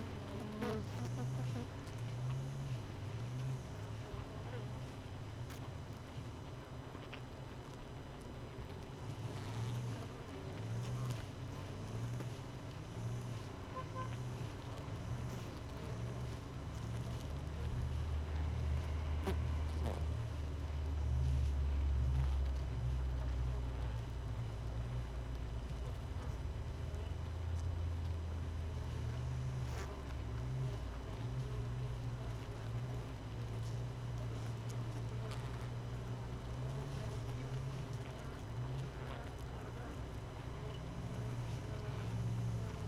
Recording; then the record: honeybee colony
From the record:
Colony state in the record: missing queen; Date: 31 May 2018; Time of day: 5:16